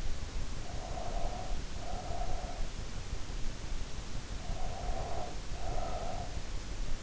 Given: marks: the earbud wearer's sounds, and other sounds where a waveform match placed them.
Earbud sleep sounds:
sounds in sleep by an in-ear microphone; breath
0.44-2.83 s: breath
4.33-6.54 s: breath

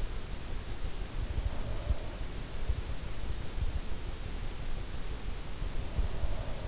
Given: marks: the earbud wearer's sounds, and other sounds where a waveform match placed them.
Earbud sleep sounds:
sounds in sleep by an in-ear microphone; breath
1.40-2.34 s: breath
6.00-6.68 s: breath

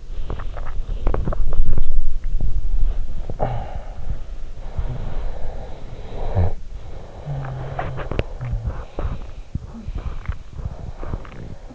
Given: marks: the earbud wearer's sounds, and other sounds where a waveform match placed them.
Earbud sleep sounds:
sounds in sleep by an in-ear microphone; body movement, teeth grinding, talking in sleep, snoring breath
0.00-6.83 s: body movement
1.03-1.87 s: teeth grinding
3.04-4.14 s: talking in sleep
4.54-8.74 s: snoring breath
7.60-11.75 s: teeth grinding
8.66-10.51 s: sound from someone else or the room

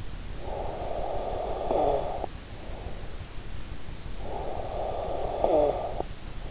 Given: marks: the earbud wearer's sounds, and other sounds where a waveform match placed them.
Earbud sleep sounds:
sounds in sleep by an in-ear microphone; snoring breath
0.20-3.20 s: snoring breath
4.07-6.51 s: snoring breath

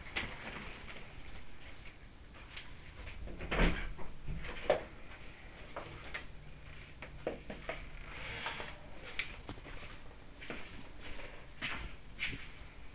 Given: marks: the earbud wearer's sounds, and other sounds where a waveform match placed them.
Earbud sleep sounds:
sounds in sleep by an in-ear microphone; body movement
0.00-6.55 s: body movement
6.75-12.95 s: body movement

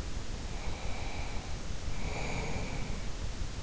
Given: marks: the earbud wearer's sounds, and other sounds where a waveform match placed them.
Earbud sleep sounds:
sounds in sleep by an in-ear microphone; breath
0.45-3.36 s: breath

